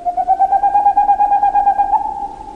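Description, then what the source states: Boreal owl hooting song: a rapid, even run of staccato hoots on a nearly steady pitch, continuing without a break. Male's hooting song; staccato notes can continue for more than an hour and carry over a mile; heard on moonless spring nights across Alaska, Canada and from Scandinavia to Siberia.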